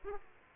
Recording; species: mosquito wingbeat signal from an infrared sensor; Aedes aegypti